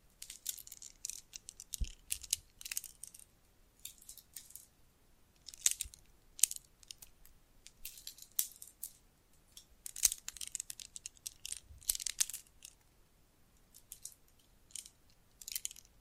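Jewelry and bracelets being handled, with dense bursts of bright, crinkly rattling and scraping that come and go in irregular clusters throughout. Sharp clicks stand out near 2, 6, 10 and 12 seconds, with quieter stretches of light rustling between the busier moments.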